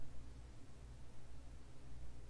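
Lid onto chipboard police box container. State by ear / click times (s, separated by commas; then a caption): not seated / none. A chipboard lid is turned on top of a chipboard police box container to line up its tabs, since the lid only fits one way. Only a steady low hum and faint rustling are heard, with no sharp sounds. Nothing has seated or clicked yet.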